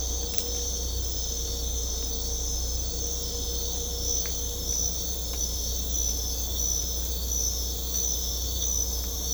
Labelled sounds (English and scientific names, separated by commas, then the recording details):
none
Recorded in secondary vegetation near Puerto Asís, Putumayo, Colombia, on 16 December 2024 at 04:30
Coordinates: 0.500, -76.326
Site G065